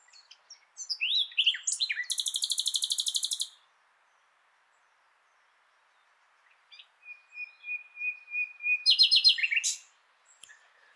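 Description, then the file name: Common nightingale song: quick varied notes leading into a fast buzzing trill, a pause, then a long steady whistle leading into another rapid rattle. "Luscinia megarhynchos"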